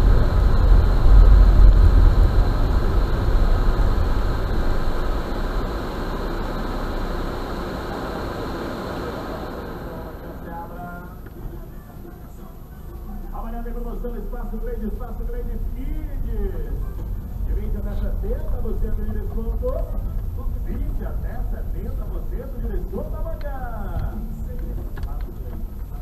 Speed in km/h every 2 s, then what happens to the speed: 20, 14, 6, 3, 2, 2, 0, 0, 9, 9, 8, 6, 6.
0-7 slows to 2. 7-15 standing. 15-26 pulls away to 6.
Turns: none.